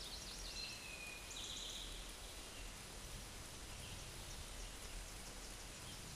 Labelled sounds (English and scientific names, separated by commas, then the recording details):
Eastern Towhee (Pipilo erythrophthalmus) song
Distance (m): 35 m
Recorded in a Pennsylvania forest on 17 May 2023 at 13:26
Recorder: AudioMoth, point grid1_13_low
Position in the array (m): 111 m, 106 m